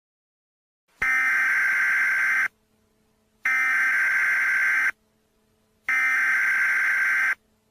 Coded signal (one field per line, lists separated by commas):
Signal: Emergency Alert System (SAME) tones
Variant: header bursts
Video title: EAS Mock - Luigi attacked on March 24, 2013